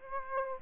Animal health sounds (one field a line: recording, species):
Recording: mosquito wingbeat signal from an infrared sensor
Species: Aedes aegypti